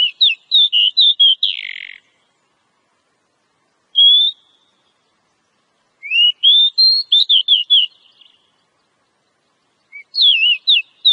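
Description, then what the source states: Oriental magpie-robin song: rapid looping whistled notes with a harsh rasp, then a lone whistle, a longer varied rising phrase, and a final burst of sharp chirps. Lure call for attracting birds.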